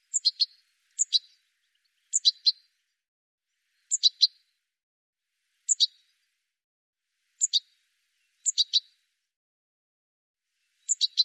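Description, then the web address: Bird calls: short high chirped notes in quick pairs or triplets, repeated at irregular intervals with silent gaps between and no other sounds. "cianscape birddata"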